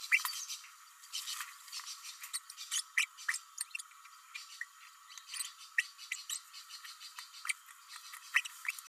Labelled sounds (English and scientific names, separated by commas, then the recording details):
Green-rumped Parrotlet (Forpus passerinus) babbling
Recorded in a nest box in Venezuela
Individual 18B104A3